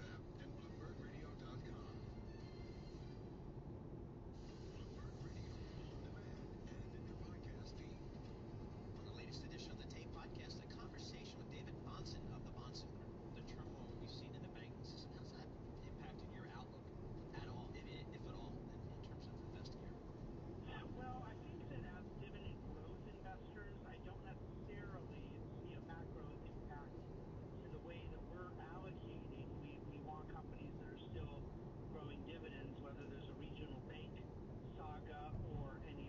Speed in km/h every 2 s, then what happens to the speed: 43, 41, 43, 45, 45, 46, 48, 51, 52, 52, 52, 51, 51, 49, 50, 50, 51, 51.
0-9 steady at about 43. 9-15 speeds up to 52. 15-36 steady at about 51.